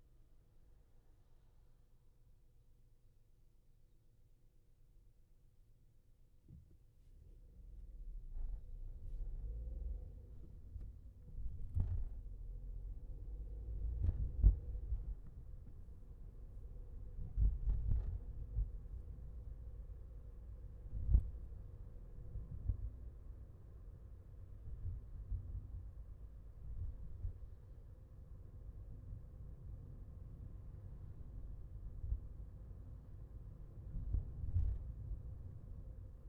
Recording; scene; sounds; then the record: everyday scene through a hearing-aid microphone; in a vehicle; engine, highway traffic jam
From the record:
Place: Skoda Fabia, gasoline engine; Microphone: behind the ear, left, rear